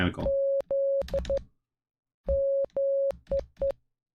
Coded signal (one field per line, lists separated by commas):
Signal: Morse code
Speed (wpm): 14 wpm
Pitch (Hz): 550 Hz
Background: speech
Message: Z MEE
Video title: Morse Code | Alphabet & Words Practice | Numbers 1-10